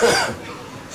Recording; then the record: coughing mixed with background sound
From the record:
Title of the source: Spring Cold Coughing 2